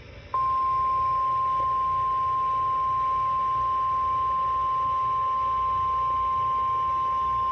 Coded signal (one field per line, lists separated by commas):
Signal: Emergency Alert System (SAME) tones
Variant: 1050 Hz attention tone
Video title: JUNE MADNESS || EAS Alerts from 6-2-22 || EAS 192-211